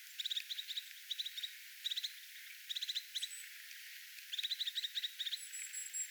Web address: paivat 6 1 2025 toyhtotiaisen ilm huomioaantelya